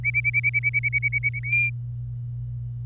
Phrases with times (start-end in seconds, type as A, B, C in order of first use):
0.04-1.39 A, 1.43-1.70 B